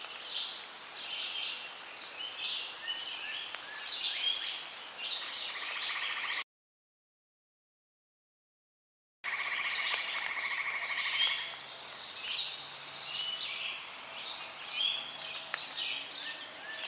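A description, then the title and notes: Rainforest ambience with a dense, steady chorus of high chirps and calls, likely frogs and birds, layered over a soft hiss. The calls repeat constantly at close to middle distance. Around seven to nine seconds there is a stretch of complete silence before the chorus resumes unchanged. Rainforest and Frog Sounds.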